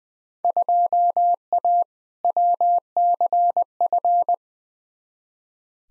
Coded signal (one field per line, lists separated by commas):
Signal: Morse code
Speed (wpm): 21 wpm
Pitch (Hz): 700 Hz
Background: none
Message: 2A WCF